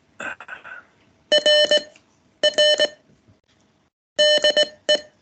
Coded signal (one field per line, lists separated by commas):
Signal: Morse code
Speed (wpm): 19 wpm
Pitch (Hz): 600 Hz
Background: none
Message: R R DE